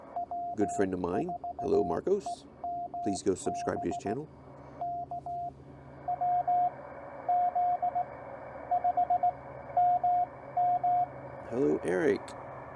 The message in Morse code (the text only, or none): W4EMB K WZ5MM